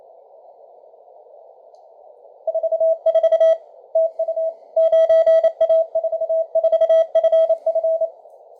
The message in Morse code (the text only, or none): 44 TU 9A44FF